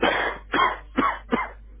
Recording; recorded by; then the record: voluntary cough; telephone call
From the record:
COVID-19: negative